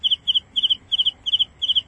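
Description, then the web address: Cricket chirps in a quick even series, roughly three per second, each chirp made of three rapid pulses, clear and steady. "calling cricket"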